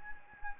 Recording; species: mosquito wingbeat signal from an infrared sensor; Anopheles gambiae